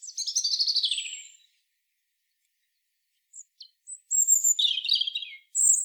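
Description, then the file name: European robin singing a high, fluttering descending phrase, a pause of about two seconds, then thin whistled notes and a jumbled warbling flourish. "Erithacus rubecula"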